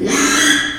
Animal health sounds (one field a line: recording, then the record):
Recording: squeal of a Yucatan mini pig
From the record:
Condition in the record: after surgery on the right vocal fold (resection and tissue-engineered implant)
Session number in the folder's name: 3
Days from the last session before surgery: 33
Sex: male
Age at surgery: 12 weeks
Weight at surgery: 13 kg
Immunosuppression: cyclosporine, prednisolone